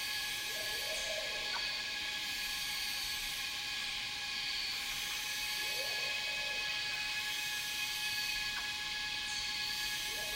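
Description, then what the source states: Cicadas buzzing loudly and steadily in a shrill drone, with soft low arching bird calls spaced through it. Cicadas in a rainforest, recorded together with birds.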